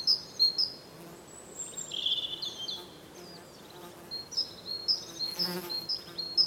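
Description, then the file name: European robin giving thin, high notes repeated about twice a second, with a brief scratchy warbled phrase in the middle and a faint hiss in the background. "Erithacus rubecula"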